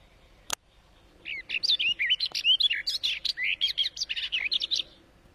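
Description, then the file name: Barred warbler singing: after a single sharp click, a hurried, harsh, chattering warble of mixed twittering notes runs for about four seconds. "Canto da toutinegra gaviao"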